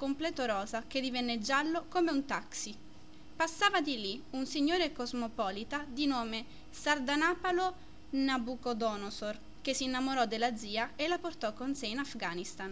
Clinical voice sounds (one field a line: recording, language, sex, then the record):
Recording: read passage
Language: Italian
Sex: female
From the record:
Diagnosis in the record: healthy control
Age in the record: 20 years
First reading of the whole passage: 47 s, 11.1 characters per second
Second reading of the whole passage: 49 s, 10.5 characters per second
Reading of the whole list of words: 45 s, 6.2 characters per second